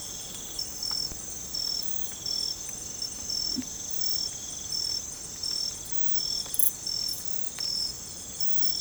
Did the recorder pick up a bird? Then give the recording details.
no. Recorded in secondary vegetation near Puerto Asís, Putumayo, Colombia, on 20 December 2024 at 02:30. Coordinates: 0.468, -76.324. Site G095